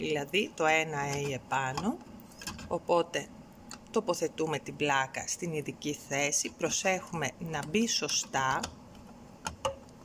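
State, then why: Seated. Someone talks while a 96-well plastic microtiter plate is placed into the plate carrier of a microplate photometer with well A1 at the top. Two sharp clicks at 9.5 s and 9.7 s mark the plate seating in the holder.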